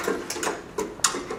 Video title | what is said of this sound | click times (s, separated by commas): Mise en service VS600 | petit clic retentit la batterie est verrouillé pour | 1.0 s